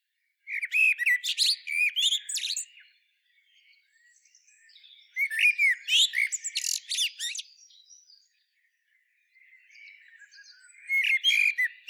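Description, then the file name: Common blackbird singing three phrases a few seconds apart, fluted whistles blending into loud, high chattering squeaks, with soft twittering in the gaps. "Turdus merula"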